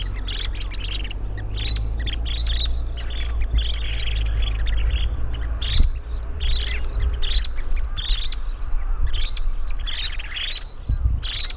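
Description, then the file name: Dunlin calls from a flock: repeated harsh, buzzy chirps in rapid clusters, almost continuous, with a constant low rumble underneath. "Bonte Strandloper Calidris alpina"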